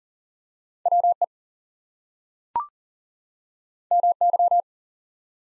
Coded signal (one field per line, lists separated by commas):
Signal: Morse code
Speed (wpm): 40 wpm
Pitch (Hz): 700 Hz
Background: none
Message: WE MY